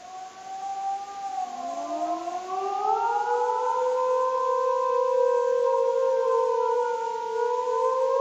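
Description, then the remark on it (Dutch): Researchers imitate wolf howls in the Białowieża primeval forest in Poland, on the border with Belarus: several overlapping voices hold long, steady tones that slide upward early on and then sustain, fairly loud and continuous with no talking. “Ja, en dit, dat zijn dus geen wolven. Dat zijn wij, onderzoekers. Maar jullie doen deden dat geluid na?”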